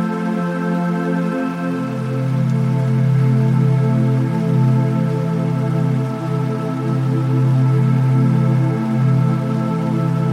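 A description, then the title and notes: Soft, relaxing music made of long, held tones that blend into a steady, warm drone. Around two seconds a deeper bass note settles in beneath the chords, and the sound then stays even and unhurried, with a faint watery hiss behind it. Relaxing Music, River Flowing & Waterfall Sounds. The gentle melodies of relaxing music blend with the captivating symphony of a majestic waterfall and flowing river.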